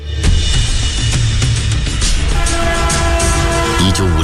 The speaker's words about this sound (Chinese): 1950年7月18日，一列平常用于装载煤炭的火车从苏联开出，沿着西伯利亚大铁路一路向南飞驰而来。